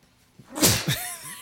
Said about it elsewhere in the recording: I'm going to sneeze. After a sneeze like that.